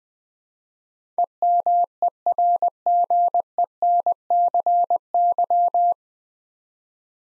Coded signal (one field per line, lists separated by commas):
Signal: Morse code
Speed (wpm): 20 wpm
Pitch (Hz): 700 Hz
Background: none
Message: EMERGENCY